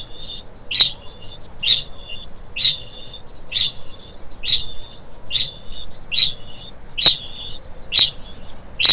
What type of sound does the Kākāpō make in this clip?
ching call